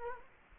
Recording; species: mosquito wingbeat signal from an infrared sensor; Culex quinquefasciatus